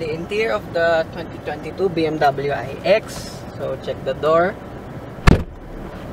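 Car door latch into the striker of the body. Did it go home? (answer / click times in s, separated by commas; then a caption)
yes / 5.3 s. Someone talks while a 2022 BMW iX xDrive40 electric SUV's door is closed, and the soft-close mechanism pulls the car door in. A small, sharp click is heard at 5.3 s as the latch catches into the body's striker and seats shut.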